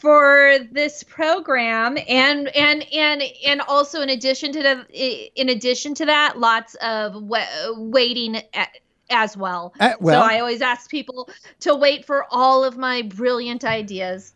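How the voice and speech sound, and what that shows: A 46-year-old woman, a comedian, speaks with repeated syllables and whole-phrase repetitions, plus stretched sounds: stuttering that began at about age 7 or 8 and is likely genetic.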